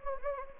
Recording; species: mosquito wingbeat signal from an infrared sensor; Anopheles gambiae